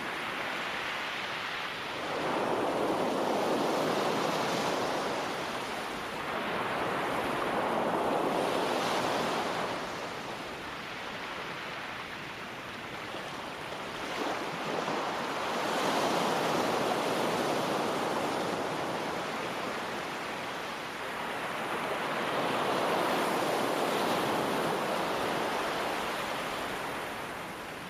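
Ocean waves roll in steady, rushing surges about every six to seven seconds, a full wash with soft hiss between swells.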